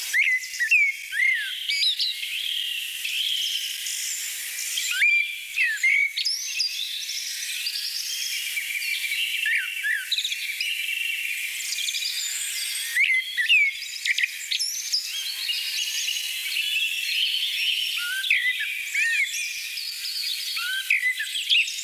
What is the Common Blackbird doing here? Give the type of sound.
song